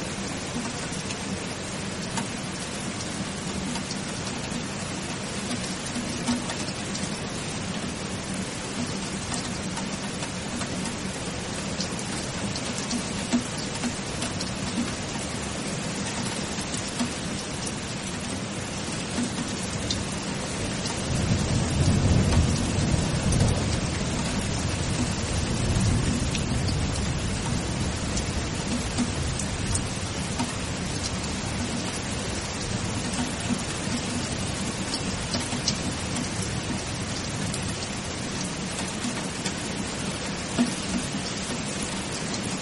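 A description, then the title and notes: Steady rain falls throughout as a dense, even hiss with a low rumbling undertone. Around twenty-one seconds the low end swells louder for several seconds, like thunder or a heavier gust, then settles back to the constant patter. Peaceful Rain Showers. The rhythmic patter of raindrops.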